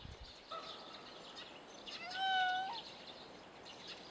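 Raccoon call: a faint tonal note, then a strong, sustained mewing cry with rich harmonics that rises slightly at its close, over low hiss.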